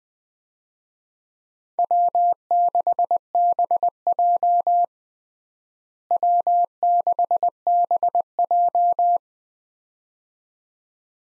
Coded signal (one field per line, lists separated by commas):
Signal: Morse code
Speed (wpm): 21 wpm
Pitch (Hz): 700 Hz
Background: none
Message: W6BJ W6BJ